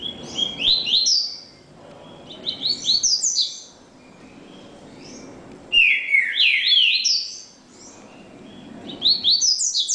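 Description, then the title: Double-collared seedeater repeating lively phrases of quick, high whistled and twittered notes every few seconds, with faint background noise. "Canto Coleiro"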